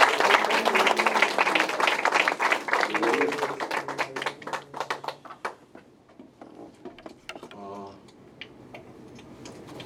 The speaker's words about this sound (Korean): 주님께 영광의 박수 올려드리겠습니다. 할렐루야.